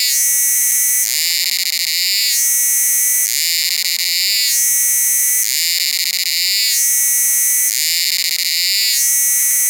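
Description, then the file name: Cicada calling with an unbroken, shrill droning buzz that alternates between a fuller, brighter phase and a thinner one roughly every two seconds. "Kearns Corrected Thesis DIGITAL APPENDIX H Cicada"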